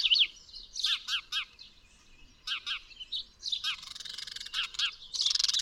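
Bird chirps: several bright, downslurred notes in short groups, separated by softer twittering and a burst of hissy, buzzy sound at the end.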